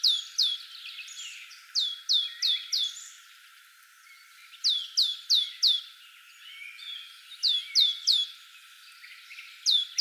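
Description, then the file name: Great tit giving groups of several sharp, falling high notes separated by quieter gaps. "Parus major"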